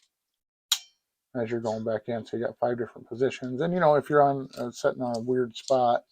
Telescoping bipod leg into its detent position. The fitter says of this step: push a bunch of pressure you can hear that positive click